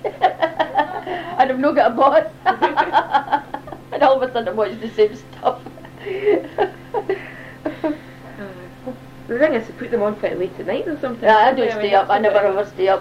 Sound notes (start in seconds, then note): 2.4 laughs; 5.4 laughs